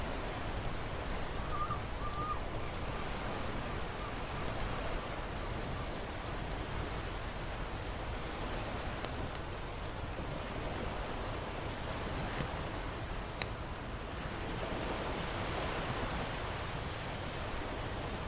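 A steady, dense wash of ocean sound with a faint bird call near two seconds and sharp fire crackles around nine and thirteen seconds.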